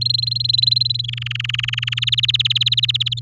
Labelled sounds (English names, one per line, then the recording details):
Domestic Canary song
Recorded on 8 May 2018 at 10:40
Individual llb16